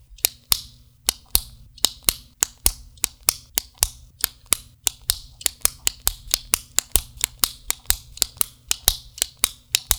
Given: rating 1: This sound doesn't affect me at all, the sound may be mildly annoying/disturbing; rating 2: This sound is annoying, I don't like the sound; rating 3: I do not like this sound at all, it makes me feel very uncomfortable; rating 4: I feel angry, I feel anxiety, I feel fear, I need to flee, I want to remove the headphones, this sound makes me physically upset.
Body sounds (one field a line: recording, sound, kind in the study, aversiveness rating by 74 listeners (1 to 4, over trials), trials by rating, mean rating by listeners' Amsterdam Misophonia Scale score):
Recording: sound for misophonia research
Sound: pen clicking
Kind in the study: misophonia trigger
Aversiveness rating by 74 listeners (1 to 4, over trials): mean 1.66, standard deviation 0.77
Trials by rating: 149 rated 1, 101 rated 2, 41 rated 3, 4 rated 4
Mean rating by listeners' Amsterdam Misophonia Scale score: 1.39 (sub-clinical, 0 to 4), 1.77 (mild, 5 to 9), 1.64 (moderate, 10 to 14), 2.00 (severe or extreme, 15 or more)